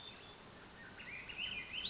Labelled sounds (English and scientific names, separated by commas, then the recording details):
Swainson's Thrush (Catharus ustulatus)
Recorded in Sonoma County, California